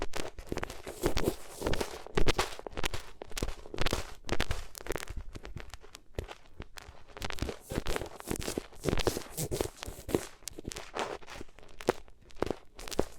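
Ears being rubbed against different materials, giving a run of dense scratchy, rustling strokes that come in quick bursts. The strokes keep up an uneven rhythm through the whole clip, with brief quieter gaps around the sixth second and near the end.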